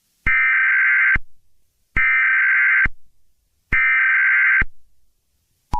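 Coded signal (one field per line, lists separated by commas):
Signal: Emergency Alert System (SAME) tones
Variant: header bursts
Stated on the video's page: Fictional hypothetical EAS scenario about the world sinking into the oceans.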